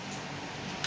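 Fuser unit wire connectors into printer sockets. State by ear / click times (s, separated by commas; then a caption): not seated / none. Four fuser-unit wire connectors are being plugged back into their original sockets on a Kyocera FS-5040DN printer. A connector in the wrong socket will not lock. A low steady hum fills the clip, and a short, sharp sound comes near 0.85 s. Nothing has seated or clicked yet.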